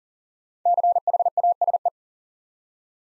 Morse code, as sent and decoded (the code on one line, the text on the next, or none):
-.-. .... .- ... .
CHASE